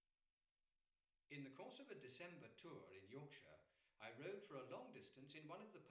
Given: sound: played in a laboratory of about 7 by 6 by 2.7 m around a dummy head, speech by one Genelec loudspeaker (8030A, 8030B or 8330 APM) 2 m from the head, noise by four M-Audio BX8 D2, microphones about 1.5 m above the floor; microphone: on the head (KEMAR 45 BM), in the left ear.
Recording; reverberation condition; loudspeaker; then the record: male speech in English; medium; 60 degrees to the left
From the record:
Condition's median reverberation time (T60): about 510 ms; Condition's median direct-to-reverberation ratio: about -0.5 dB